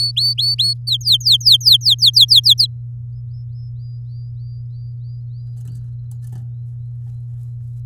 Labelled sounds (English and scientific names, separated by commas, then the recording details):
Domestic Canary (Serinus canaria) song
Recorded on 9 May 2018 at 10:45
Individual llb16